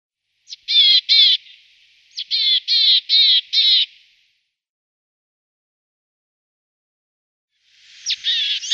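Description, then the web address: Willow tit nestling calls, rasping high buzzy notes in quick clusters of a few notes, a pause of several seconds, then another harsh burst. "Schulze Peter Willow Tit nestling"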